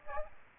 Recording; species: mosquito wingbeat signal from an infrared sensor; Aedes aegypti